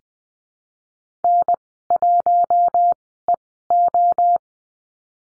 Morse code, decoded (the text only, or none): N1EO